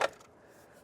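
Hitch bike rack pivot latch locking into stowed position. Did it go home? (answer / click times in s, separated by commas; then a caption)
yes / 0.0 s. A Thule Verse hitch bike rack on a 2024 Toyota 4Runner is folded up by its tilt handle into the upright stowed position. Its pivot latch gives one sharp click at 0.0 s, then the sound fades to a quiet tail. The rack is locked in the stowed position.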